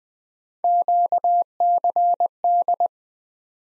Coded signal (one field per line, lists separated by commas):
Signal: Morse code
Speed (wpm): 20 wpm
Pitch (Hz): 700 Hz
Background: none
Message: QCD